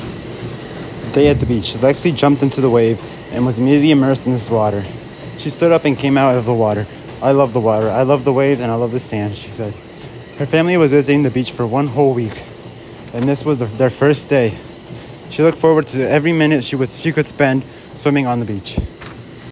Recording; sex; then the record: reading aloud after running; male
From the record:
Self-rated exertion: moderate exertion (3 of 6); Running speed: 7 miles an hour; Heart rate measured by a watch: 50 beats a minute at the start, 59 at the end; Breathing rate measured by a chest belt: 14 breaths a minute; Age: 19 years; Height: 175 cm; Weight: 69 kg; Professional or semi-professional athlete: no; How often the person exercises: 1 to 2 times a week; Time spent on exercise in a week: 1 to 2 hours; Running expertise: no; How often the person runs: under once a week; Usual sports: soccer